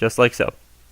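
Plastic tabs on a transforming toy are being handled and pushed toward two slots, after a first missed attempt. Someone talks briefly, then the clip falls quiet, and nothing has seated or clicked yet.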